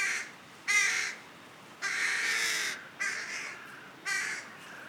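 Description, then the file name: Carrion crow giving a clipped caw at the start, then four rasping caws roughly a second apart, the second of these long and drawn out, with quiet between calls. "Corvus corone"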